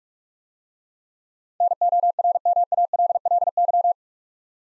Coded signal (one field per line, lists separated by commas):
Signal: Morse code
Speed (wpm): 44 wpm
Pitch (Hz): 700 Hz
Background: none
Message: NORMALLY